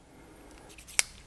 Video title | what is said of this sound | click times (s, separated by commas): NEW Klein Tools 64 Piece Precision Ratchet Driver System Modbox - 32787 | and I could extend these bits out and you can see they click into place | 1.0 s